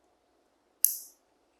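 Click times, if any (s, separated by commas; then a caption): 0.8 s. A stiff connector on a dimmer build is pushed home by hand, possibly with help from pliers, against a faint low hum. A single sharp, bright click sounds at 0.9 s and trails off over about a quarter second. The connector seats and locks in place.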